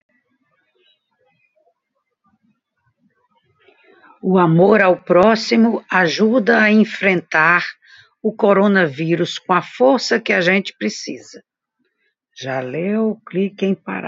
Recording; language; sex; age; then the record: spoken sentence; Brazilian Portuguese; female; 60 to 69 years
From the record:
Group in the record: control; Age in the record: 66 years